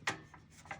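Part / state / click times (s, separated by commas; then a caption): butane gas canister into portable camp stove holder / seated / 0.1 s. A butane gas canister, its notch aligned with the tab, is slid into the insertion point of an Iwatani Fore Winds VA-30 portable butane camp stove until the magnetic holder catches it with a sharp knock at 0.1 s. Fainter scraping knocks follow at about 0.3 s and 0.7 s. The canister is seated, secure and not coming out.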